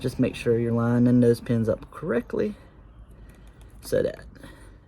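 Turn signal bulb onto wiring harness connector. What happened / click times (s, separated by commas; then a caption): Pins being lined up, the bulb not yet seated / none. A turn signal bulb is being handled as its connector pins are lined up with the wiring harness connector, while someone talks. Faint small knocks are heard at about 3.6 s and 4.4 s, but nothing has seated or snapped into place yet when the clip ends.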